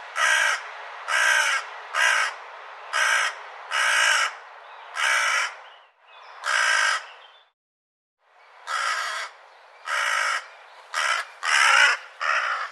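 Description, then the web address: Bird calling with many loud, grating caws, roughly one a second, broken by one short silent gap midway. "cianscape birddata Deverinetal"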